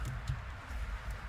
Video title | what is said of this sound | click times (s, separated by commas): Toyota 4Runner SR5 Clock Spring Replacement, Horn Fix! | That did not click. And yeah, you can see it. | none